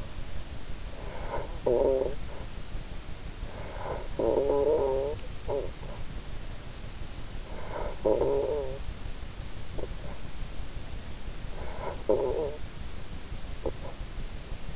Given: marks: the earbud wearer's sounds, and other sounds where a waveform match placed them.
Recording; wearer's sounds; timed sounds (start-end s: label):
sounds in sleep by an in-ear microphone; snoring breath
0.52-6.81 s: snoring breath
7.32-9.38 s: snoring breath
11.15-13.44 s: snoring breath